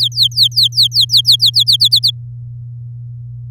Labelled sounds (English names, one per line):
Domestic Canary song